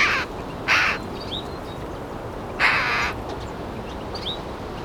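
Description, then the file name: Eurasian magpie uttering three rasping, noisy calls, the last one longer, while small birds chirp faintly in the background. "Pica pica"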